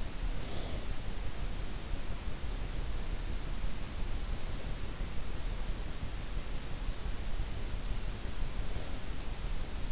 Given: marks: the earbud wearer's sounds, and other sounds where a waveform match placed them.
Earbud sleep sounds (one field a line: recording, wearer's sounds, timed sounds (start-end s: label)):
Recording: sounds in sleep by an in-ear microphone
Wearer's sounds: breath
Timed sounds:
0.00-1.49 s: breath